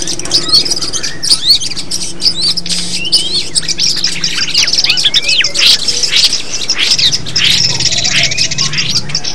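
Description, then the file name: Long-tailed shrike song: varied jumble of high whistles, rising and falling slurs and scratchy chatter, delivered without break over a faint low background hum. Simulated songbird contest recording. "audio simulasi lomba cendet. omkicau"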